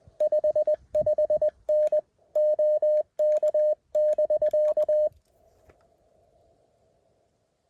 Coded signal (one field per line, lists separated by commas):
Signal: Morse code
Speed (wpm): 20 wpm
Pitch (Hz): 610 Hz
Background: none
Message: 55N OK<BK>